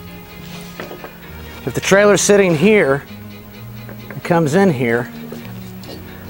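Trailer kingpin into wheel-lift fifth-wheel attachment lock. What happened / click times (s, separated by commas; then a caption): Handled, not yet home: no locking clunk is heard / none. A trailer kingpin is guided toward the steel locking jaw of a wheel-lift fifth-wheel attachment while someone talks over a steady low hum, with a few faint knocks in between. The kingpin is only being handled here; nothing has seated or clicked yet.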